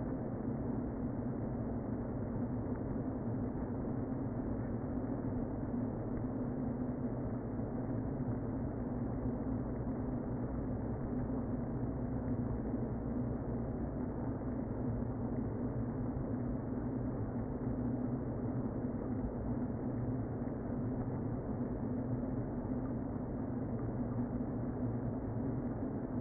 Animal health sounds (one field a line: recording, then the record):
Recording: honeybee colony, microphone inside the hive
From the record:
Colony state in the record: queen present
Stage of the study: before two queens were removed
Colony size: about 60,000 bees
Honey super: yes